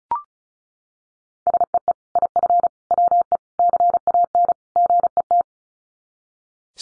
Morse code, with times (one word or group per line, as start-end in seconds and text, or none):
1.5-1.9 SEE
2.2-2.7 IF
2.9-3.4 WE
3.6-4.5 CAN
4.8-5.4 GET